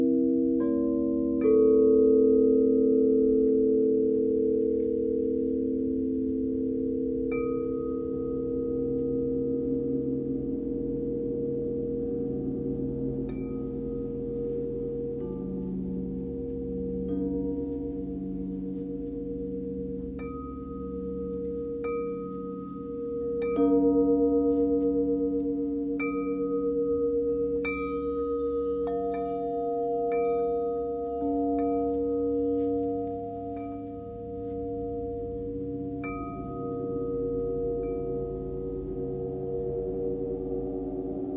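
Gong, chimes and crystal bowls ring together in a steady, sustained drone of overlapping tones, with a slow pulsing waver in the low notes. Bright strikes sound every few seconds, and a glittering run of chimes swells briefly around the thirty-second mark.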